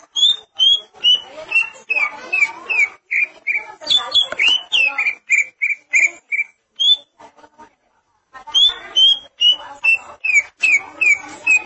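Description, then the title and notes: Greater green leafbird song: rapid repeated whistled notes and varied chirps, a short silent pause midway, then the whistled series resumes. "Suara Kicauan Burung Cucak Ijo"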